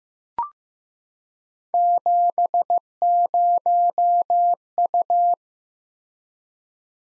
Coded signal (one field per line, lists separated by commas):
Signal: Morse code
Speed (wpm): 15 wpm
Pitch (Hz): 700 Hz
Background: none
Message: 70U